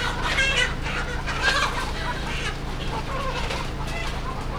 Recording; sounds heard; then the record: poultry house recording; healthy chickens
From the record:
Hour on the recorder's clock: 0